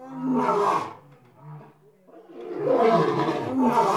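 Lion letting out a harsh roar, then a low rumbling grunt, then another long rough roar swelling in loudness.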